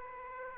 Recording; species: mosquito wingbeat signal from an infrared sensor; Aedes aegypti